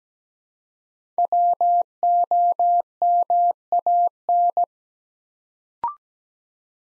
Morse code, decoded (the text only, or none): WOMAN